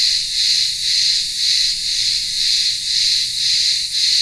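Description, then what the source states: Cicadas give a loud, grating continuous buzz that swells and dips about twice a second. Cicadas in the town square of a remote village on Ikaria island, Greece, in the midday heat.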